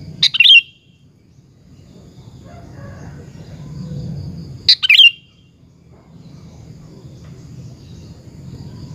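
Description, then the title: Sooty-headed bulbul song: two short, loud bubbly phrases about four seconds apart, over a steady low rumble. "Kutilang"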